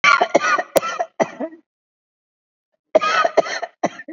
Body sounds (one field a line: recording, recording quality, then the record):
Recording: heavy voluntary cough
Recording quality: excellent, no background noise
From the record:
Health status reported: exposed to COVID-19, no respiratory illness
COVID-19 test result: negative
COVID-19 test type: RT-PCR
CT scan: taken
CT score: 5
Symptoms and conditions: cough, cold, sore throat, fatigue, loss of smell and taste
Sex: male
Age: 65 years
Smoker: yes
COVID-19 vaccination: both doses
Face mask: worn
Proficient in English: no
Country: India